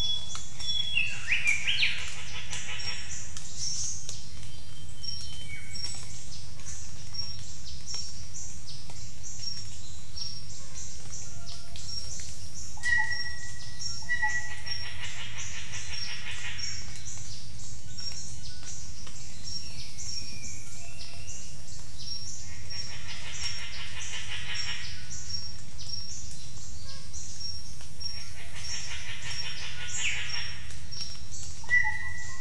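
Birds call in a jungle, with scattered chirps and short whistles throughout over a constant high insect-like buzz. Every eight seconds or so a soft rushing swell rises and fades, while a low steady rumble sits underneath the whole time.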